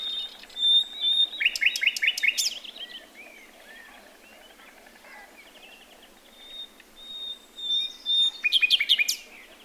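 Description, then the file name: Common nightingale song, two loud bursts of rapid repeated notes with sharp high clicks, separated by a quiet stretch of soft thin whistles. "Luscinia megarhynchos"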